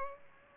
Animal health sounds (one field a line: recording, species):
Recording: mosquito wingbeat signal from an infrared sensor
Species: Culex pipiens